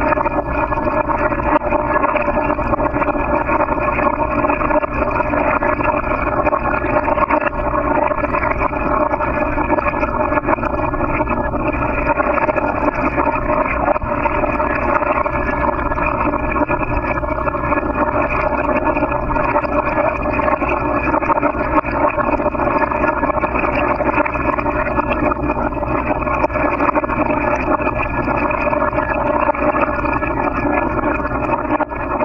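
Water sloshes and rings in a metal bowl, a dense, steady, droning wash with a low hum and metallic overtones throughout.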